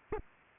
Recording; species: mosquito wingbeat signal from an infrared sensor; Culex pipiens